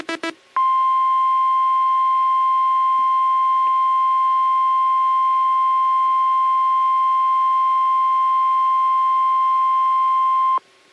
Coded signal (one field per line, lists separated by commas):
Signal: Emergency Alert System (SAME) tones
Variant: 1050 Hz attention tone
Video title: NOAA Weather Radio EAS #1,101 & #1,102 Tropical Storm Warning 7/2/14 10:54 AM